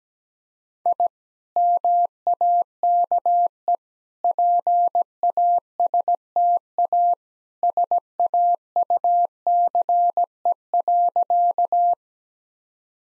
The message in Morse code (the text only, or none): I MAKE PASTA SAUCE.